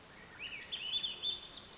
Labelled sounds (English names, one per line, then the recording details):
Swainson's Thrush
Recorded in Sonoma County, California